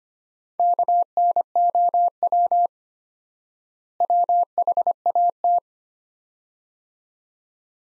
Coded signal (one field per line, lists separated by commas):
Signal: Morse code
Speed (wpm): 25 wpm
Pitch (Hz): 700 Hz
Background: none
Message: KNOW WHAT